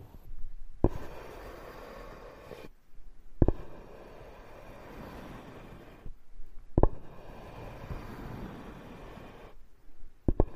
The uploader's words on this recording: This episode is Wood Scraping.